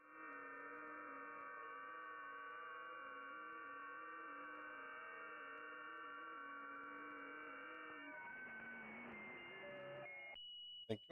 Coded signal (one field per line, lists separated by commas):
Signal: FT8